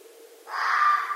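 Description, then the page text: Red fox uttering a single rough, scratchy call that begins suddenly after a quiet moment and carries on to the end. Recorded at night. "Night Sounds, Pt 7 â€“ Red Foxes – Stan Courtney"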